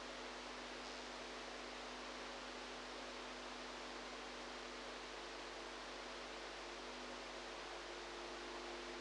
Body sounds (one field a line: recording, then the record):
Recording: brain microelectrode recording played as sound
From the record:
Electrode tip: outside the subthalamic nucleus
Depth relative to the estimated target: -6 mm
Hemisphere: right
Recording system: NeuroSet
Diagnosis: Parkinson's disease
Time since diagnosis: 8 years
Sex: female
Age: 45 years